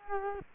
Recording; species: mosquito wingbeat signal from an infrared sensor; Culex quinquefasciatus